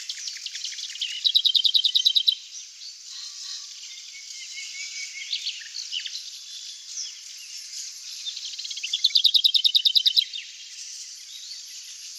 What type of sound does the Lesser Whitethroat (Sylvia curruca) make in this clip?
song